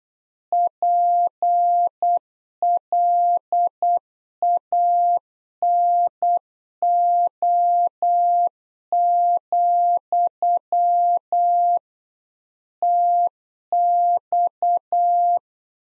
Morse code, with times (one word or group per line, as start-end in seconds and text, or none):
0.5-11.8 PLANO,
12.8-15.4 TX